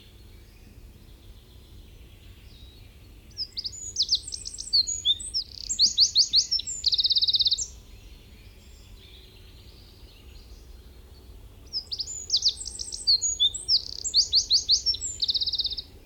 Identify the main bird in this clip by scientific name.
Troglodytes troglodytes